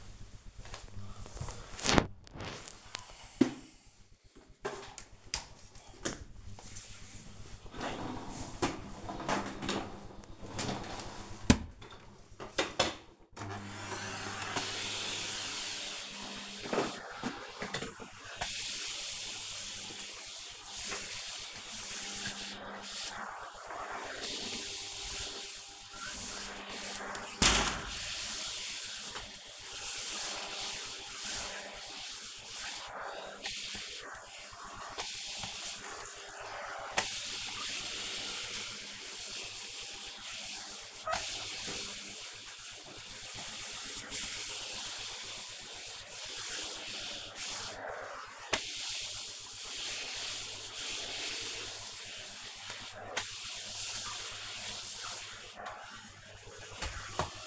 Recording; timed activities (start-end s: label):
household activities, microphone on the right wrist
13.62-57.47 s: vacuum cleaning